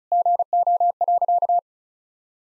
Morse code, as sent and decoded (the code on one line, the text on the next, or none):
--. --- .-.-.-
GO.